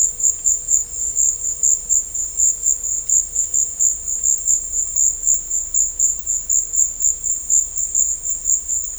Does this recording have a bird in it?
no